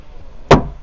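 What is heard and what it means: A quick handle press releases the latch on a bow storage hatch under the cushions on the deck of a Solace 35 CS boat. After a faint, steady background, a single sharp, loud pop rings out at 0.5 s and fades quickly. The hatch latch releases and the storage compartment pops open.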